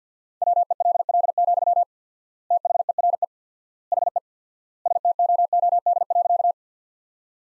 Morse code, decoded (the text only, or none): WELL, THERE HE STOOD.